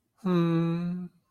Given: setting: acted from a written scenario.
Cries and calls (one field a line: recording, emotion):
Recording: vocal sound without words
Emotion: sympathy